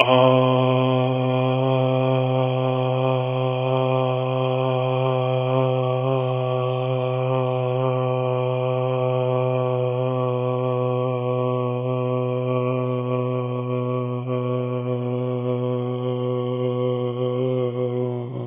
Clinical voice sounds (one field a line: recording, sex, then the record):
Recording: sustained vowel /a/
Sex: male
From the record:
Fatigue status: no fatigue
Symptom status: asymptomatic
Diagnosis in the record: COVID-19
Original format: 3gp